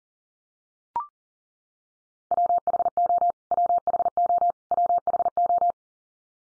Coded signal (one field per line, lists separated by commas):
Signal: Morse code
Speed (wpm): 40 wpm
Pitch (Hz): 700 Hz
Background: none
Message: WHO WHO WHO